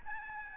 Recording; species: mosquito wingbeat signal from an infrared sensor; Aedes albopictus